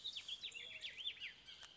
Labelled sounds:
Bullock's Oriole (Icterus bullockii)
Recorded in Sonoma County, California

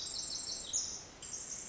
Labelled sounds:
Pacific Wren (Troglodytes pacificus)
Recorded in Sonoma County, California

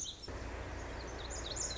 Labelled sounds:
Pacific Wren (Troglodytes pacificus)
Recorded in Sonoma County, California

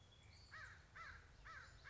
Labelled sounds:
American Crow (Corvus brachyrhynchos)
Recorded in Sonoma County, California

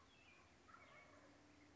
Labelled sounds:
Wild Turkey (Meleagris gallopavo)
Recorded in Sonoma County, California

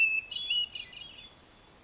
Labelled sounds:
Hermit Thrush (Catharus guttatus)
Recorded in Sonoma County, California

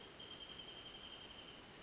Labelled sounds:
Wrentit (Chamaea fasciata)
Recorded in Sonoma County, California

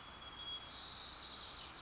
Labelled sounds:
White-crowned Sparrow (Zonotrichia leucophrys)
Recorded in Sonoma County, California

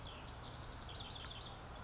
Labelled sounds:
House Wren (Troglodytes aedon)
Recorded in Sonoma County, California

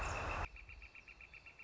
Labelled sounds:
Northern Flicker (Colaptes auratus)
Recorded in Sonoma County, California

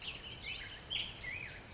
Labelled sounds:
Black-headed Grosbeak (Pheucticus melanocephalus)
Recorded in Sonoma County, California

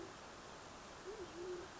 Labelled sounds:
Band-tailed Pigeon (Patagioenas fasciata)
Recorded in Sonoma County, California

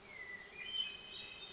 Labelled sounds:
Hermit Thrush (Catharus guttatus)
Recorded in Sonoma County, California

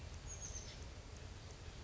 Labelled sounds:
Oak Titmouse (Baeolophus inornatus)
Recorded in Sonoma County, California

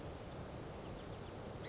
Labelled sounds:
Song Sparrow (Melospiza melodia)
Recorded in Sonoma County, California

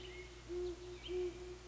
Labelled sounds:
Great Horned Owl (Bubo virginianus)
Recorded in Sonoma County, California

